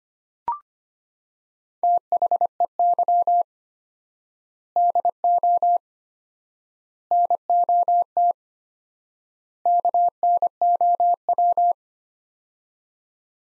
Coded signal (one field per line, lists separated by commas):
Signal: Morse code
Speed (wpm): 25 wpm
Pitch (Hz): 700 Hz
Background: none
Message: THEY DO NOT KNOW